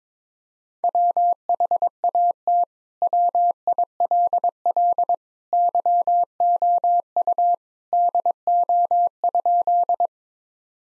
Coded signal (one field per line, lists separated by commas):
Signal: Morse code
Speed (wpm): 22 wpm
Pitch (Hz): 700 Hz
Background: none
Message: WHAT WILL YOU DO?